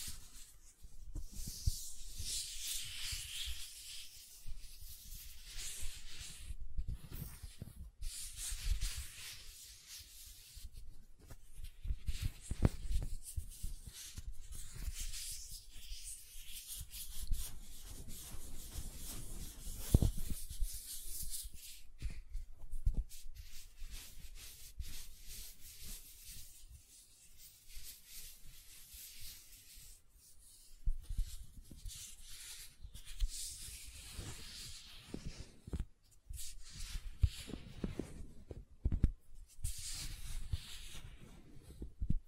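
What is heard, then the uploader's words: Gentle silicone sounds: soft rubbing and squishing that comes and goes in uneven strokes, with bright hissy scraping in the opening seconds and again around 30–40 seconds. Brief quiet gaps break the texture throughout, and low thumps sit underneath. ASMR Gentle Silicon Sounds for Sleep (No Talking).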